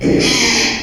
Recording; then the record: squeal of a Yucatan mini pig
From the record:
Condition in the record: after surgery on the right vocal fold (resection and tissue-engineered implant); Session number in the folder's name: 2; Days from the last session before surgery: 13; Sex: male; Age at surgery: 12 weeks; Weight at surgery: 13 kg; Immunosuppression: cyclosporine, prednisolone